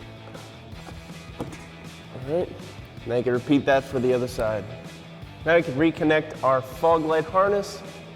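A fog light wiring harness connector is being handled for reconnection to a new LED fog light, but nothing has seated or clicked yet. Someone talks over background music, with only faint handling sounds.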